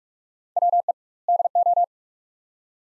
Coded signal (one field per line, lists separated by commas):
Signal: Morse code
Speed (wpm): 46 wpm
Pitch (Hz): 700 Hz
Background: none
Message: WE DO